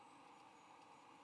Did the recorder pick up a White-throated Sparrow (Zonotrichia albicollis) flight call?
no